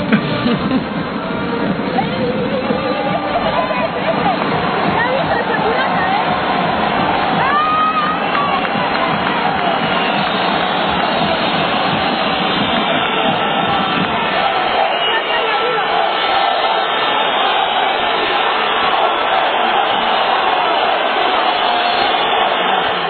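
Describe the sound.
A large stadium crowd roars continuously as an activist runs onto the field and is restrained by security, with overlapping shouts and rhythmic chanting of "Palestina Aurrera" rising from the dense, steady wall of voices throughout.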